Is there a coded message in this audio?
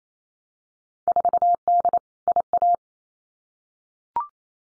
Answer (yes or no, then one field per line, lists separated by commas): yes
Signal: Morse code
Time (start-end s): 1.1-2.8 s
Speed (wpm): 28 wpm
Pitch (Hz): 700 Hz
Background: none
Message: 4D IA